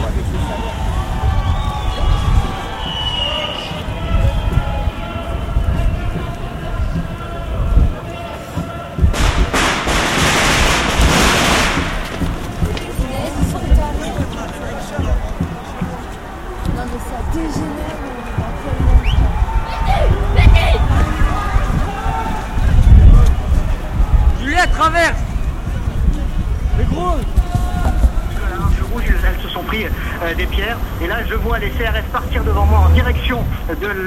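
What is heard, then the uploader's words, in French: Outdoor protest crowd with a dense mix of voices and shouting, a loud burst of noise near ten seconds, and scattered knocks. Manifestation contre Contrat Première Embauche, Grenoble en mars 2006.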